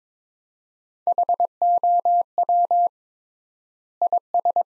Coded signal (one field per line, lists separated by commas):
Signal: Morse code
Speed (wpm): 22 wpm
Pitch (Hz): 700 Hz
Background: none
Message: HOW IS